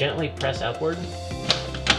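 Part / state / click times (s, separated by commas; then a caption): stovetop fire suppression unit housing onto wall mount / seated / 1.5 s, 1.9 s. A stovetop fire-suppression unit housing, rested on the top edge of a drywall wall mount, is gently pressed upward while someone talks over background music. Two sharp clicks sound at 1.5 s and 1.9 s, one for each side of the housing, as it snaps onto the mount and seats.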